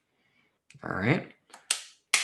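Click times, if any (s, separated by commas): 2.1 s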